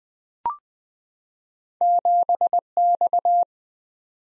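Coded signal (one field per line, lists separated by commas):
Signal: Morse code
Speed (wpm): 20 wpm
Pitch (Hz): 700 Hz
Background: none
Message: 7X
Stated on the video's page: 20 wpm head-copy practice of random two-character letter and number combinations, each sent in Morse, spoken, then sent again.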